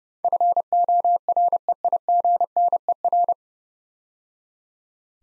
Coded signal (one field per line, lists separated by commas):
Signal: Morse code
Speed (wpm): 28 wpm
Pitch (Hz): 700 Hz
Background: none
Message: FOREIGNER